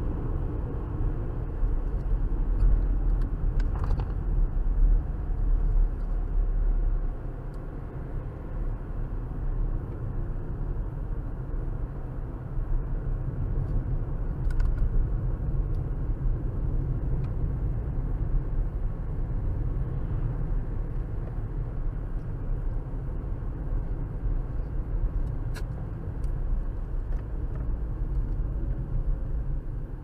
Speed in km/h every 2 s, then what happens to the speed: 76, 69, 63, 63, 61, 58, 56, 53, 53, 55, 55, 55, 55, 53, 47.
0-14 slows to 53. 14-26 steady at about 55. 26-30 slows to 47.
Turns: none.